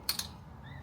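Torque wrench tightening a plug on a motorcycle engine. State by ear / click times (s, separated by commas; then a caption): torque reached / 0.1 s. A torque wrench tightening a plug on a motorcycle engine gives a sharp mechanical click at 0.1 s, followed by a smaller click at 0.2 s, then a quiet low hum. The click shows the wrench has reached its torque setting, so the plug is tight enough.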